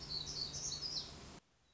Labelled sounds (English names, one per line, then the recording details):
Black-throated Gray Warbler
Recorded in Sonoma County, California